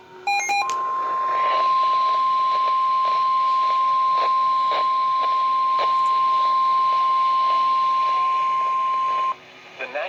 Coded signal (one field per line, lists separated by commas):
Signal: Emergency Alert System (SAME) tones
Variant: 1050 Hz attention tone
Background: speech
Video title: [EAS Timeline] South Carolina Tornado Outbreak 04-13-2020 EAS #37-46